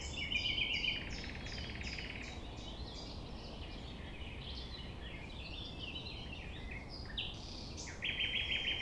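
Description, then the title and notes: Common nightingale song with buzzy rattling trills at the start and end, linked by quick whistled and chirping phrases, other birds and low rumble in the background. Sunrise at 6 A.M. near the Thève at Champ de Ménage; nightingale singing without waiting for silence. "Chant De Ménage. 6 A.M. Lever du soleil non loin de la Thève au Champ de Ménage. Le rossignol n'attend pas le silence"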